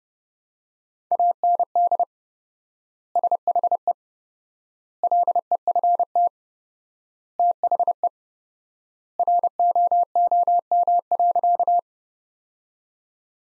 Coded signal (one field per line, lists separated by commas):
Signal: Morse code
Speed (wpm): 30 wpm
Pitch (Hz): 700 Hz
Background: none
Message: AND SHE LEFT THE ROOM.